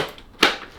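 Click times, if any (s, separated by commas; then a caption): 0.4 s. A plastic solution bottle, released earlier with the button, is popped back into its holder on a Flash Power Mop's pole. It seats with a sharp click at 0.4 s, after a faint tap at 0.2 s.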